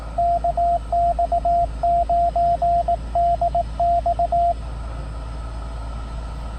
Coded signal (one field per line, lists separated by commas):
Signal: Morse code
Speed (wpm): 18 wpm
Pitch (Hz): 690 Hz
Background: radio noise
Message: KX9DX